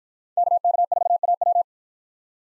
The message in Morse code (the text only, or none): KK4AW